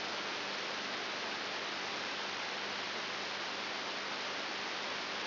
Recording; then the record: brain microelectrode recording played as sound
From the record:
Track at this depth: inside the subthalamic nucleus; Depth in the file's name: 6.901 mm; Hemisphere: left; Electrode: 3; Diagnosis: Parkinson's disease